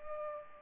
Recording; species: mosquito wingbeat signal from an infrared sensor; Culex pipiens